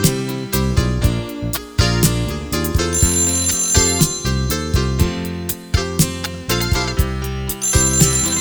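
A telephone ringing as a bright, melodic electronic ringtone tune, steady rhythmic notes repeating loudly over a full backing with deep bass, with no voices.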